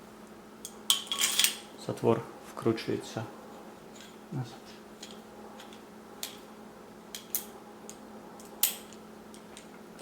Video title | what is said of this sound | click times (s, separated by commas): VZ24 (ВЗ24) - Чехословацький маузер. Огляд і розбірка. | став на місце | 8.6 s